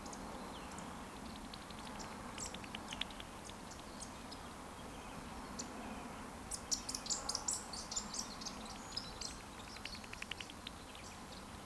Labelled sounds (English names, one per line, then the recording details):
Eurasian Woodcock whistle
Eurasian Woodcock chase call
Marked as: whistle, whistle, woodcock, chase
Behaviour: display flight
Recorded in Baden-Württemberg, Germany, on 13 June 2020 at 20:12 UTC
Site 14569, 102 m above sea level